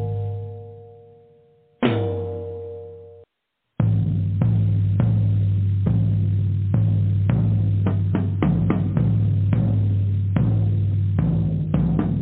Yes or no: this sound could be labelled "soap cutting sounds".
no